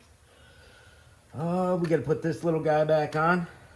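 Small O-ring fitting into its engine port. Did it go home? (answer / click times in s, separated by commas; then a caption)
no / none. During a water pump replacement on a 2014 Chevy Cruze 1.4L turbo, a small part with an O-ring is handled to go back into its port on the engine. After about 1.3 seconds of quiet low hum, someone talks. Nothing has seated or clicked yet.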